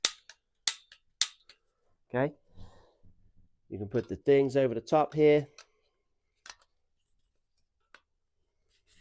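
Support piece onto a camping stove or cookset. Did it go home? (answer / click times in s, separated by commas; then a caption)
no / none. A metal support piece for a camping stove or cookset is handled and placed over the top to be fitted, with three sharp metallic snaps in the first 1.3 seconds, then someone talks, and a few faint taps follow. The support has not yet locked into place, and nothing has seated or clicked yet.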